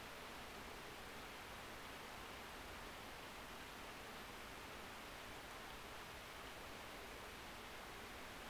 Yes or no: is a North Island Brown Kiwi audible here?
no